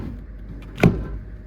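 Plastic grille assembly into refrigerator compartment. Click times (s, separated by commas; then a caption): 0.8 s. A plastic grille and duct assembly is pressed lightly inward inside a refrigerator compartment until it locks. A faint tap comes at 0.6 s, then a sharp, bright click at 0.8 s over a low background hum, and the assembly snaps firmly into place.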